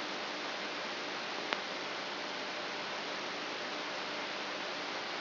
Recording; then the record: brain microelectrode recording played as sound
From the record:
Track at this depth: inside the subthalamic nucleus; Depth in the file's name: 5.816 mm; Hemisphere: left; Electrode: 3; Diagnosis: Parkinson's disease